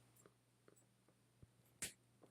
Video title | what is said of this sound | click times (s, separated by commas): Dioriviera Summer 2025 & Cannage Motif Collection Full Face DIOR Makeup Review - Mo Makeup Mo Beauty | You hear that? It clicks shut. It feels substantial. Love that. | 1.8 s